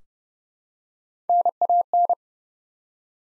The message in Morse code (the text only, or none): NAN